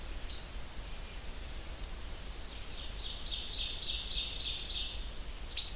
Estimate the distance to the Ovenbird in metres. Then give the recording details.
about 40 m. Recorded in boreal forest in Alberta, Canada, on 30 June 2016 at 07:18. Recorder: SongMeter 3, array SBT-6-79. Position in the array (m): 42 m, 105 m. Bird 40